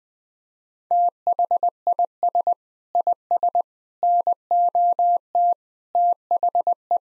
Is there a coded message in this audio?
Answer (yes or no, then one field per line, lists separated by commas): yes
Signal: Morse code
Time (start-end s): 0.9-7.0 s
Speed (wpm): 20 wpm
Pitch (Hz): 700 Hz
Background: none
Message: THIS IS NOT THE